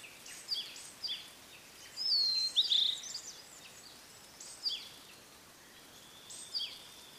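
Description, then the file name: Blue-and-white flycatcher song: high, thin whistled notes and slurred phrases, one longer warbled phrase midway, with pauses between. "oruri"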